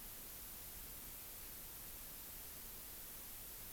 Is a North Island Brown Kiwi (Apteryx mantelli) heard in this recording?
no